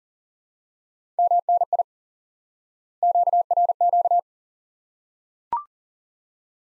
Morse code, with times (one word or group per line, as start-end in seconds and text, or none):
1.2-1.8 MNI
3.0-4.2 QRQ